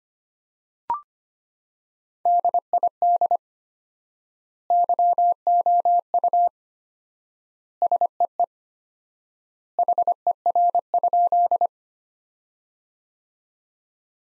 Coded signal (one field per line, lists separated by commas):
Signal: Morse code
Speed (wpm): 25 wpm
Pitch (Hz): 700 Hz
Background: none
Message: DID YOU SEE HER?